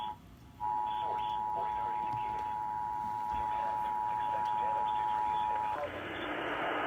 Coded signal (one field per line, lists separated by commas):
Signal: Emergency Alert System (SAME) tones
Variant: 853 and 960 Hz attention tone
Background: speech